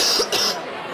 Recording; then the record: coughing mixed with background sound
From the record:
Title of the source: November cold (wet coughing)